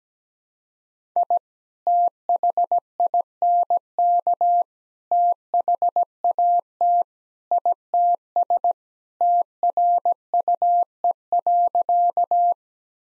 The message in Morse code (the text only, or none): I THINK THAT ITS TRUE.